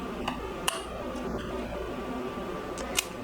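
A prefilled injector pen, pressed against skin, fires for an injection, giving two sharp clicks at 0.7 s and 3.0 s, with a fainter tick at 0.3 s over a steady low background hum. The pen fires and the injection goes ahead, its yellow plunger moving.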